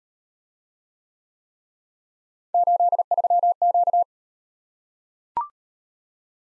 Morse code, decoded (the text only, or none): 83Q